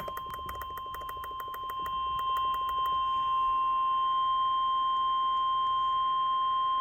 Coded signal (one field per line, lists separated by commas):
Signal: Emergency Alert System (SAME) tones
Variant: 1050 Hz attention tone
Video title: Tornado Watch | EAS #40